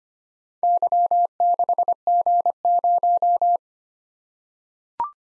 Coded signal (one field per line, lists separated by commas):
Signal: Morse code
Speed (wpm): 25 wpm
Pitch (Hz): 700 Hz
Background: none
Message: Y6G0